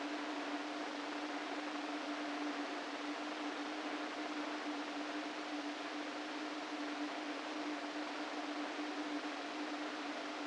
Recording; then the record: brain microelectrode recording played as sound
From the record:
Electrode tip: inside the subthalamic nucleus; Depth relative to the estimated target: -2 mm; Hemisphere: right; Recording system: NeuroSet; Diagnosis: Parkinson's disease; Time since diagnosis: 13 years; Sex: male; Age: 49 years